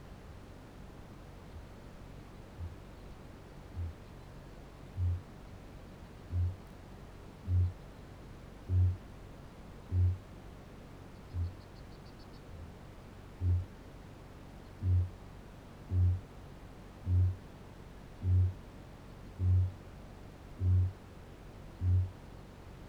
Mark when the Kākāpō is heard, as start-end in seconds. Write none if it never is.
1.22-4.09, 4.69-10.25, 11.19-11.79, 13.29-22.15